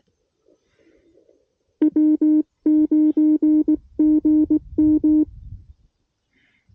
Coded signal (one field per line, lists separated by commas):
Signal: Morse code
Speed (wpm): 18 wpm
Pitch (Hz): 310 Hz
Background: music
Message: W9GM